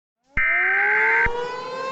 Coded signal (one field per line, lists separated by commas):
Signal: Emergency Alert System (SAME) tones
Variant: header bursts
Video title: EAS Scenario #3: Pharoh's Fury